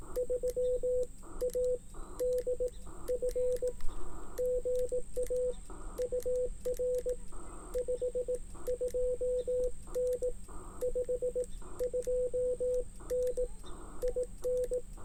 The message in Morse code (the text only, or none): 3ADF GA UR 52N 52N IN